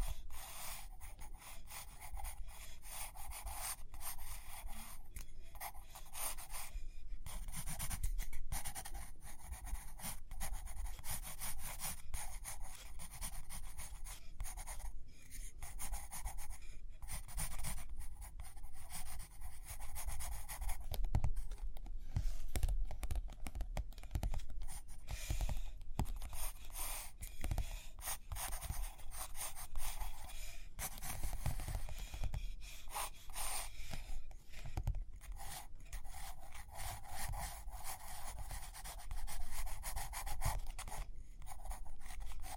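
Paper rustles and pen or pencil scratches across a page in a steady, dense stream of rubbing and rasping strokes. Short breaks between strokes recur every second or so, with a low rumble underneath throughout and slightly busier scratching after about twenty seconds.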